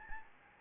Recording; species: mosquito wingbeat signal from an infrared sensor; Anopheles gambiae